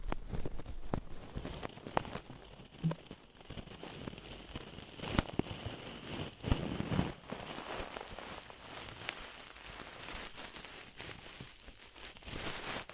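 Ear cleaning sounds made of dense, crackling scratches and rustles, with frequent sharp clicks and pops throughout. Louder bursts come around 2, 5 and 6–7 seconds over a thin, steady whine. The scratching softens in the second half, then picks up near the end.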